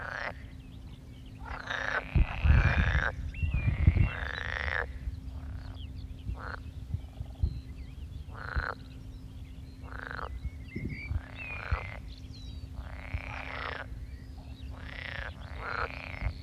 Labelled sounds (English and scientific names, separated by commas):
Pool Frog (Pelophylax lessonae) call